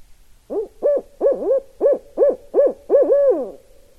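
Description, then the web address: Barred Owl hooting in a rapid series of about nine rising-and-falling hoots over three seconds, ending in a drawn-out slurred note; otherwise quiet. Recorded on 16 November 2012. "Barred Owl 2012 11 16"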